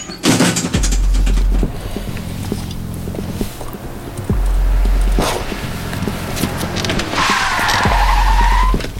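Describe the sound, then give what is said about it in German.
A BMW drives by on the other side of the street, past a phone booth, with a loud, throbbing low engine rumble that surges in waves, sharp bursts of road noise, and a high tire squeal near the end. “Aus dem Augenwinkel sah ich den BMW auf der anderen Straßenseite an der Telefonzelle vorbeifahren.”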